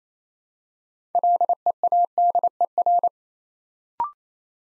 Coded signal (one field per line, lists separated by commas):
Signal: Morse code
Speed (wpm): 27 wpm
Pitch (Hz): 700 Hz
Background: none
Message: LEADER